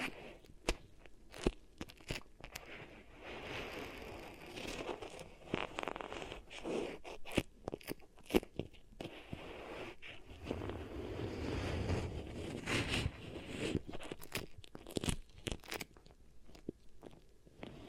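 Beeswax is pressed and kneaded, giving irregular sticky crackles and sharp snaps over a soft, shifting rustle that swells around the middle.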